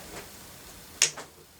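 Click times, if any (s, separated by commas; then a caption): 1.0 s. A replacement antenna assembly for a 2011 Nissan Xterra is pushed into its mount on the car body. After a quiet stretch with a faint tick near 0.2 s, a sharp, bright snap at 1.0 s is followed by a softer knock around 1.2 s. The antenna seats and snaps into place at 1.0 s.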